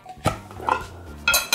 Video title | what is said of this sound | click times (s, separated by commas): Polędwica Sopocka w GALARECIE, którą możesz przechowywać MIESIĄCAMI | słoik się zamknął bo było słychać takie Pstryknięcie tutaj | 1.3 s